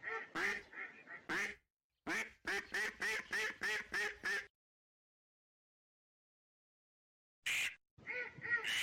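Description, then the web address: Duck quacks: a few harsh calls, then a rapid series of several quacks, a long pause, and more quacking at the end. Migratory ducks, male and female. "Male and female migratory ducks. صدای-مرغابی-های-مهاجر-نر-و-ماده"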